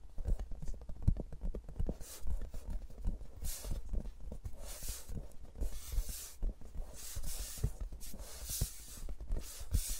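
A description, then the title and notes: ASMR sounds of fingers working around microphones, with no talking. Quick, uneven taps and soft thumps run densely throughout, heavy in the low end, while bright scratchy rustles swell in bursts every second or two over a steady faint hiss. ASMR with Mics Around My Fingers (No Talking).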